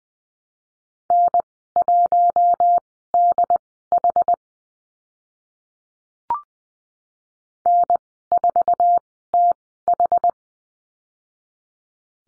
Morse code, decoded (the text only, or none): N1DH N4TH